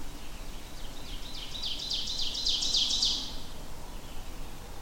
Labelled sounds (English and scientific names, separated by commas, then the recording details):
Ovenbird (Seiurus aurocapilla) song
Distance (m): 25 m
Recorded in boreal forest in Alberta, Canada, on 21 June 2016 at 05:35
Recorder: SongMeter 3, array SBT-6-76
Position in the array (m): 281 m, 100 m
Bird 1